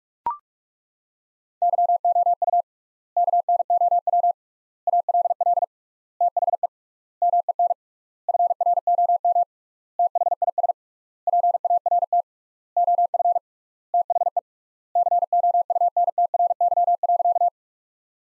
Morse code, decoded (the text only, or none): YOU KNOW ALL THE MEN FROM THIS PART OF THE COUNTRY.